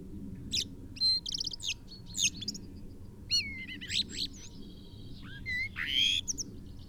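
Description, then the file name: Common blackbird song with quick high twitters and trills, then mellow slurred whistles and a bright rising squeak, over a faint steady background hum. "Turdus merula"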